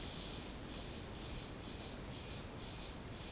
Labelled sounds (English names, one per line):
none